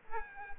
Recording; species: mosquito wingbeat signal from an infrared sensor; Culex quinquefasciatus